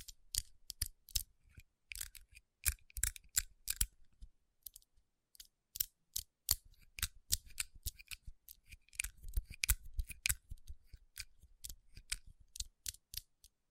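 Fingers tap on rhinestone-covered palms, making crisp, bright clicks that arrive in quick, irregular bursts with a faint scratchy rustle between them. The taps thin out and pause briefly around four to five seconds, then pick up again and stay busy to the end.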